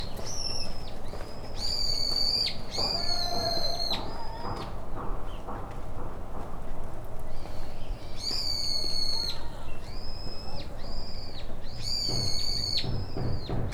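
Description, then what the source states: Bird calls: sustained, level high whistles in bursts of two or three that often end in a downward flick. Quieter pauses between the bursts and constant low background rumble. Recorded with a Portacapture X6 recorder.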